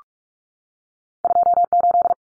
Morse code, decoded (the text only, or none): 28